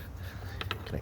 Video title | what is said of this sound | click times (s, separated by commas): Replacing air filter in Ecoboost Mustang 2016 | Nice little click there. | 0.6 s, 0.7 s